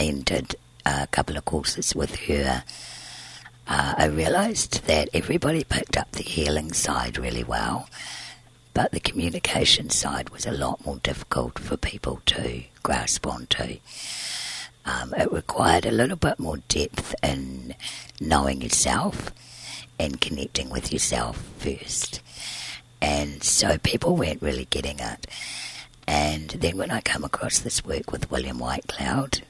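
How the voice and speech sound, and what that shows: An adult woman speaks fluently in a very low-pitched, rough, creaky voice that often drops into vocal fry. This fits dysphonia from a vocal cord scarred during surgery to remove large laryngeal cysts she was born with, which keeps the cords from vibrating evenly. She still breathes through a tracheostomy tube because her airway is narrow.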